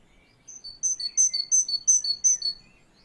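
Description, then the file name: Great tit song, a rapid series of high, ringing two-part notes repeated about three times per second, steady and even, with faint background noise. "Canto do chapins real"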